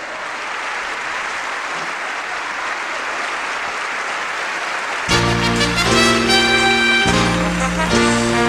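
An audience applauds loudly and steadily for about five seconds, a dense wash of clapping, before band music with sustained tones starts up over the continuing applause.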